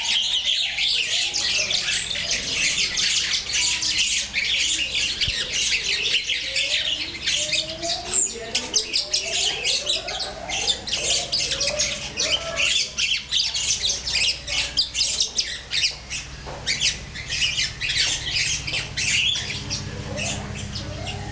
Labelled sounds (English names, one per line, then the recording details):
Grosbeak Starling
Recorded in captivity
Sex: group
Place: Zoo Berlin, Berlin, DE
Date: 1996-05-05 13:00
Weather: wolkig, 6-8°C
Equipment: Sony MD-WM MZ-R3, Sennheiser MKH 416 T, Kopie Uher 4000 Report Monitor
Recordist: Tembrock, Günter